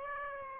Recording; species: mosquito wingbeat signal from an infrared sensor; Aedes aegypti